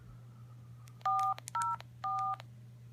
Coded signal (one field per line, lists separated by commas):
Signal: DTMF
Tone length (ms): 300 ms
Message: 404